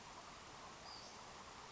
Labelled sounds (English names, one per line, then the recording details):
Western Flycatcher
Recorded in Sonoma County, California